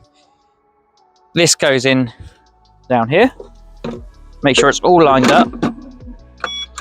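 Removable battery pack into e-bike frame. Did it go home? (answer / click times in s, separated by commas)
yes / 6.4 s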